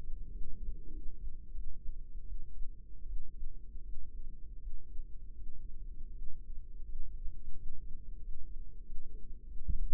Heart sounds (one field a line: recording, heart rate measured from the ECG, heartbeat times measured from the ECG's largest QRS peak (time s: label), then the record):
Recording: heart sounds by microphone in the right ear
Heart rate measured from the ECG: 85 bpm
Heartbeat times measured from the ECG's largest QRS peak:
0.30 s: heartbeat
0.89 s: heartbeat
1.51 s: heartbeat
2.23 s: heartbeat
3.04 s: heartbeat
3.81 s: heartbeat
4.57 s: heartbeat
5.34 s: heartbeat
6.09 s: heartbeat
6.82 s: heartbeat
7.53 s: heartbeat
8.19 s: heartbeat
8.82 s: heartbeat
9.44 s: heartbeat
From the record:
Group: healthy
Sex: male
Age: 21 years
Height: 180 cm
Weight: 67.5 kg